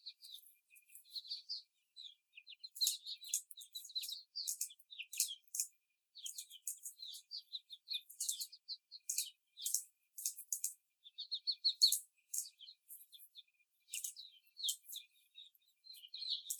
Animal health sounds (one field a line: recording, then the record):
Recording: young laying hens in a cage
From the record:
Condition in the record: before the stressor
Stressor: simulated dog barking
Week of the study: 4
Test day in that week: 2